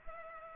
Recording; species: mosquito wingbeat signal from an infrared sensor; Culex pipiens